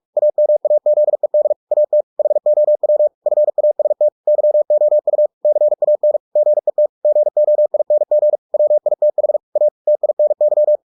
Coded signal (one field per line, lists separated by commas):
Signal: Morse code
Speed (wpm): 46 wpm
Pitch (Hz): 600 Hz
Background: none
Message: AMAZED AT HOW FAST YOU CAN GET GOING WITH A TINY